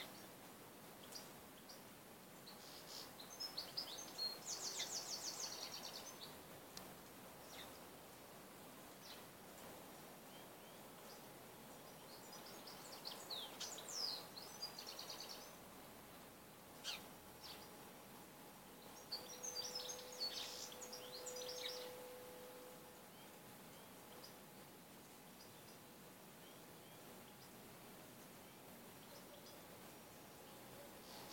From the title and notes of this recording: The Sound In My Garden At Midday by Divyendu.